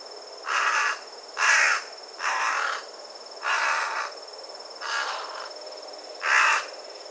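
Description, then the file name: Carrion crow cawing six times, rough grating calls spaced roughly every second, some slightly weaker than others, with a thin steady hum in the background. "Corvus corone"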